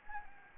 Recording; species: mosquito wingbeat signal from an infrared sensor; Anopheles gambiae